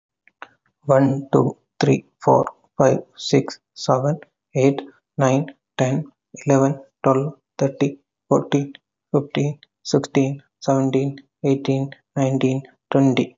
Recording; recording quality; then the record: counting at a normal pace; excellent, no background noise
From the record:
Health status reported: healthy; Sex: male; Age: 33 years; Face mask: not worn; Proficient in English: yes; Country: India